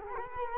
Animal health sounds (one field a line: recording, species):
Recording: mosquito wingbeat signal from an infrared sensor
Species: Culex quinquefasciatus